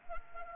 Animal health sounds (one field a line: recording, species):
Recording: mosquito wingbeat signal from an infrared sensor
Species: Anopheles arabiensis